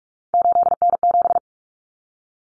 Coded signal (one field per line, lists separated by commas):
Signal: Morse code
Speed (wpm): 44 wpm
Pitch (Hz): 700 Hz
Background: none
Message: 8N7